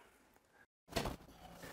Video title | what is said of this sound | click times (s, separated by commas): RV 101® - RV Interior Makeover - Part 5 Installing Rec Pro Furniture in the RV | you press the backrest down you will hear it lock into place because | 1.0 s